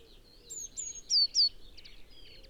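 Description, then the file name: Eurasian blue tit calls: thin, high chirps and short down-slurred notes, with two louder sharp notes near the middle, over a faint background hiss. "Cyanistes caeruleus"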